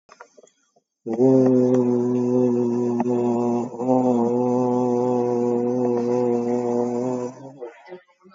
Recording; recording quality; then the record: sustained vowel as in boot; excellent, no background noise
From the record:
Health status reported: COVID-19 positive, mild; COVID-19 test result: positive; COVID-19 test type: RT-PCR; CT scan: taken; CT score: 0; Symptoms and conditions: cough, cold, sore throat, fever, fatigue, loss of smell and taste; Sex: male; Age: 63 years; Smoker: no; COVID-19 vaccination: both doses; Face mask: worn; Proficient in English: yes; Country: India